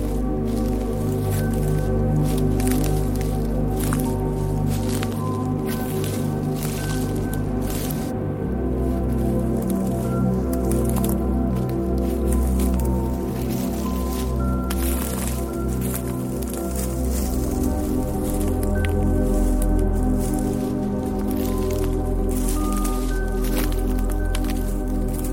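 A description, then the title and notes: Relaxing music plays as a steady, full bed of low sustained tones with brief higher notes drifting in. Soft squishing footsteps crunch irregularly throughout, and a faint airy hiss sits on top, holding an even level for the whole stretch. 432Hz relaxing music with soothing footsteps and wind sounds.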